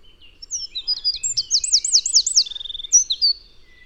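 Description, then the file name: Eurasian wren song, high sharp notes leading into a run of loud looping trills, then a dry rattle and a few final chips. "Troglodytes troglodytes"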